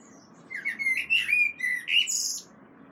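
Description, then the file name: Common blackbird song phrase: rich, whistled warbling notes rising and falling, closed by a thin, high-pitched twitter. "Turdus merula"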